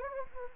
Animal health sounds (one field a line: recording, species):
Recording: mosquito wingbeat signal from an infrared sensor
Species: Anopheles gambiae